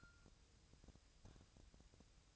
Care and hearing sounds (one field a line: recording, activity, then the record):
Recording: daily activity, microphone in the room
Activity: take from stove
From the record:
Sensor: 2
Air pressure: 999.3 hPa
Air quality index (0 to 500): 196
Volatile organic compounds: 27 ppm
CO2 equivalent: 2893 ppm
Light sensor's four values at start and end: 6/15/6/6 and 6/15/6/6